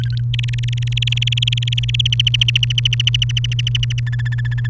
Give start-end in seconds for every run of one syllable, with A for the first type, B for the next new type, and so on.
0.04-0.87 A, 0.34-2.07 B, 2.12-4.00 C, 4.07-4.67 D